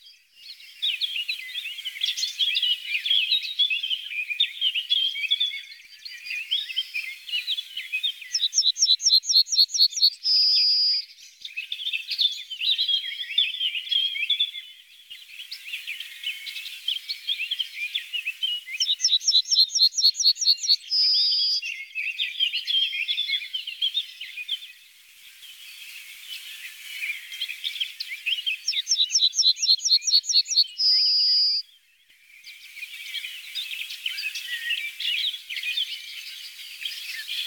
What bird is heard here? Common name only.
Yellowhammer